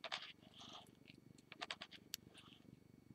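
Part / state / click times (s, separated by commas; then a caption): metal earring hoop ring turned onto a connecting ring / not seated / none. A metal earring hoop ring is turned onto a connecting ring by hand, like a key, producing short bright metallic ticks and rattles over a steady low rumble, with a sharp tap near 2.1 seconds. The hoop ring is still being handled, and nothing has seated or clicked yet.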